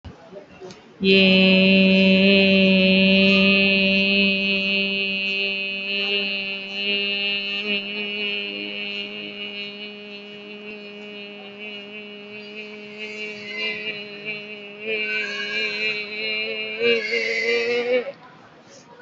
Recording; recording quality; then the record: sustained vowel as in made; excellent, no background noise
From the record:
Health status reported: COVID-19 positive, moderate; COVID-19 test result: positive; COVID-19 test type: RT-PCR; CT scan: taken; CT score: 4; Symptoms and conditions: cough, cold, fatigue, muscle pain, loss of smell and taste, another respiratory illness, hypertension, diabetes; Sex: female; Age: 46 years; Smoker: no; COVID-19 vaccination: both doses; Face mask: worn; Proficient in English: yes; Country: India